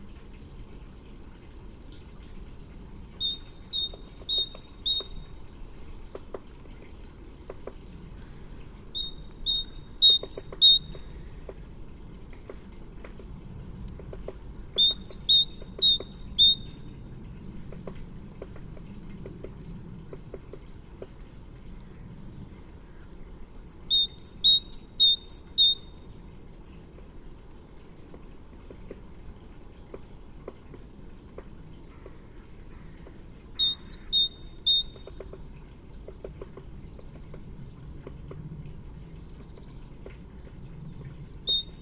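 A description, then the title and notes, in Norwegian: A great tit (kjøttmeis) repeats short bursts of bright, rapid two-note chirps, each phrase lasting about two seconds and recurring every five to ten seconds. Between phrases there is a steady low rumble with faint ticks and scattered clicks. Kjøttmeis.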